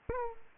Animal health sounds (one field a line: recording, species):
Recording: mosquito wingbeat signal from an infrared sensor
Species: Aedes aegypti